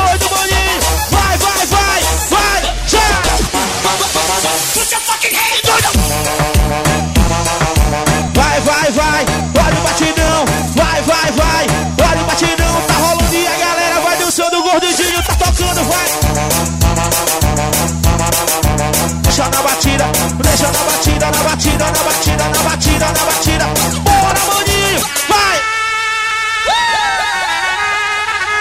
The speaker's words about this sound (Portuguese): Prepara que vai explodir. Vai. Olha o batidão, tá rolando.